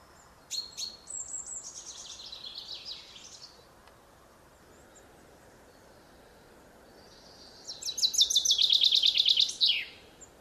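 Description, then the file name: Common chaffinch song: two bright phrases, each a rapid series of notes dropping in pitch and ending in a short flourish, separated by a few seconds of quiet. "Fringilla coelebs"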